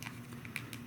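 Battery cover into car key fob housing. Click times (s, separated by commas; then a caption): 0.6 s. After a new coin cell battery is slid in, the plastic battery cover or inner housing is pressed back into a Venza, Corolla or Camry car key fob, with faint plastic ticks around 0.0, 0.5 and 0.7 seconds. The sharpest click comes at 0.6 seconds as the cover seats and everything clicks into place.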